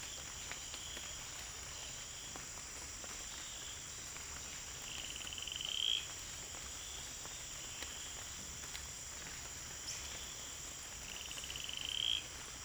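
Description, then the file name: Cayenne stubfoot toad giving pulsed, buzzy trills, two of them swelling to a louder end about six seconds apart, over a steady high insect hum. Amphibian recorded in French Guiana. "Guyane Amphibien atélope-jaunâtre"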